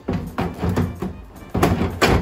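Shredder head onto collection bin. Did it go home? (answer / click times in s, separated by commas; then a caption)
no / none. A plastic shredder head from a 3D-printed shredder is handled and placed on top of its collection bin, ready to clip on. Several hollow plastic knocks and thuds are heard, with a sharp hit at 0.4 s and a louder cluster at 1.6 s and 2.0 s. Nothing has clipped or seated yet.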